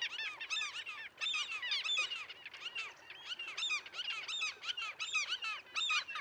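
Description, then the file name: Mew gull calls, many overlapping arched, mewing cries rising and falling, repeated continuously as from several birds together. "Mew Gull - Larus canus"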